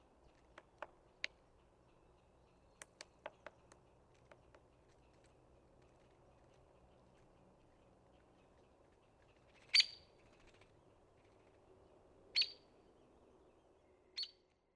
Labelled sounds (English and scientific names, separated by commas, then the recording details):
Hairy Woodpecker (Dryobates villosus) call
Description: Hairy Woodpecker call recorded in Upper Beaver Meadows in Rocky Mountain National Park
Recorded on 30 May 2017